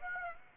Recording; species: mosquito wingbeat signal from an infrared sensor; Aedes aegypti